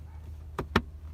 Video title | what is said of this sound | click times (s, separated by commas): 240sx ac unit repair | just click into place if I lift up right there | 0.6 s, 0.8 s